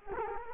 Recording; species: mosquito wingbeat signal from an infrared sensor; Culex quinquefasciatus